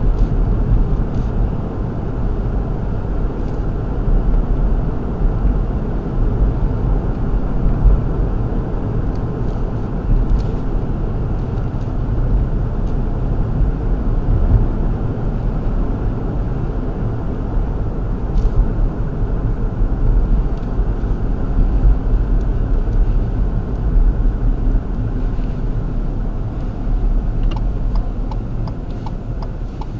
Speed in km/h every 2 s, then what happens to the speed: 47, 47, 47, 47, 45, 44, 44, 44, 45, 42, 40, 37, 32, 29, 19.
0-19 steady at about 45. 19-30 slows to 19.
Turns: none.